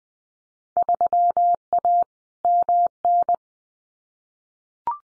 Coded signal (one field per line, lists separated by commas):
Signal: Morse code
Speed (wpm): 20 wpm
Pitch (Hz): 700 Hz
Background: none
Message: 3A MN